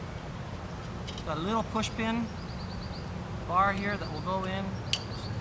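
Someone talks while handling a tent roof pole with a push-pin bar, getting ready to push it into the metal hub of a hexagon screen room, against a steady low background hum. The clip ends before the pin snaps into the hub, so nothing has seated or clicked yet.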